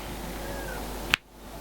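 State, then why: Seated. A USB-C cable plug is pushed into the port of a portable SSD close to the microphone, over a steady low background hiss. A single short, sharp click sounds at 1.1 s at the end of the push, after which the plug is seated and held firmly, and the background drops quieter.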